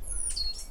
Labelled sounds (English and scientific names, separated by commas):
Stitchbird (Notiomystis cincta) song